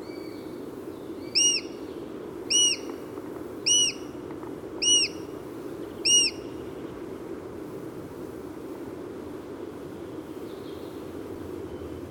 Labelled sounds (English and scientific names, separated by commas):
Eurasian Sparrowhawk (Accipiter nisus) call